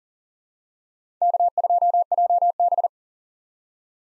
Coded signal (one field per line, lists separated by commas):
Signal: Morse code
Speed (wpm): 40 wpm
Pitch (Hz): 700 Hz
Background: none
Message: K2JB